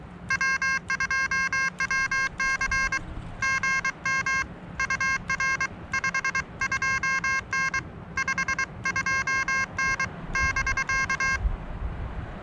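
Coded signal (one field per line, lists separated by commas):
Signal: Morse code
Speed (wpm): 23 wpm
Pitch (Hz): 1600 Hz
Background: none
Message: W2WC GM UR 52N 52N <BK>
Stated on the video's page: Summits on the Air activation with Xiegu G-106 and Elecraft KH1 radios, on a peak with commercial communication towers, testing for interference.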